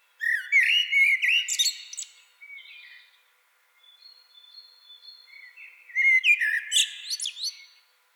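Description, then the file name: Common blackbird song: a fluting phrase with a squeaky high ending, then soft subdued notes and a steady faint tone, then a second loud warbled phrase with a twittered finish. "Turdus merula"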